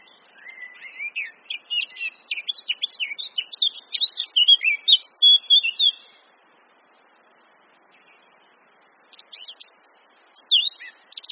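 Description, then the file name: Eurasian blackcap singing a hurried warble of quick twittering notes, then a pause and a few short phrases near the end. "Sylvia atricapilla"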